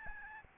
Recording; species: mosquito wingbeat signal from an infrared sensor; Aedes albopictus